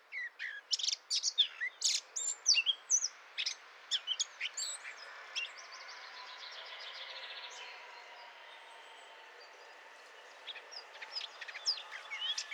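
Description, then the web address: Eurasian blackcap singing a steady run of short, clipped high notes, easing into a soft continuous trill before clipped notes resume near the end. "SETE data Sylvia atricapilla"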